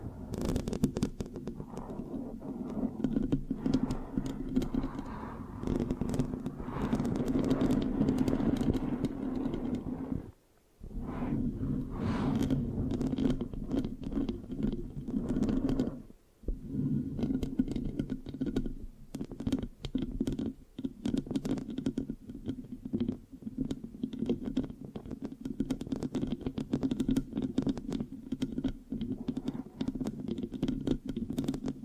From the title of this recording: Mic Scratching, Sticky, Brain Massage Triggers